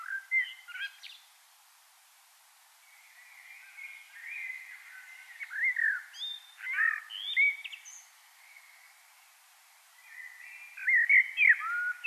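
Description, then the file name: Common blackbird singing in separate bursts, rich warbled whistles and slurred notes broken by pauses, ending in a busier scratchy phrase. "Turdus merula"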